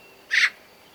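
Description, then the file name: Eurasian magpie giving a single short, harsh, noisy call; nothing else is heard. "Pica pica"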